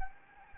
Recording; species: mosquito wingbeat signal from an infrared sensor; Anopheles gambiae